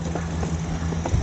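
A decorative plastic side mirror with no reflective glass is handled and pushed toward its socket on the body of a Mercedes-Benz G63 ride-on toy car, with a steady low hum and two brief knocks around 1.1 s and 1.2 s. Nothing has seated or clicked into place yet.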